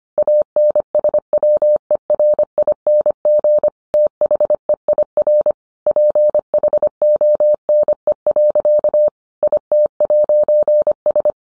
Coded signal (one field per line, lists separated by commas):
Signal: Morse code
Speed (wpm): 25 wpm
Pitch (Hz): 600 Hz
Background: none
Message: ANSWERING THEIR PHONE. IT'S